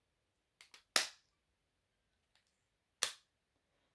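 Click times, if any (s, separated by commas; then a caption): 1.0 s, 3.0 s. A single-dose Mounjaro auto-injector pen is pressed against the skin of the abdomen and activated. After two faint taps, a loud, sharp click at 1.0 s starts the injection, followed by a quiet hold. A second click at 3.0 s marks the needle retracting, and the injection is complete.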